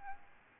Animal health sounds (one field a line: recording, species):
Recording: mosquito wingbeat signal from an infrared sensor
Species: Aedes albopictus